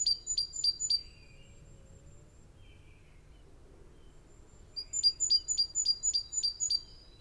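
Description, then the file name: Great tit giving calls: four quick high ticking notes at the start, a lull, then a longer rapid string of about eight sharp, thin notes. "Parus major"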